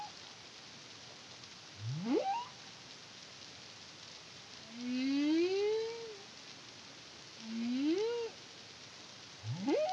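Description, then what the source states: Humpback whale singing a rising whoop, a drawn-out moan that climbs then dips, another shorter moan, and a final upswept whoop, all over continuous underwater hiss. Song recorded in the Caribbean under the CARIMAM project in 2023.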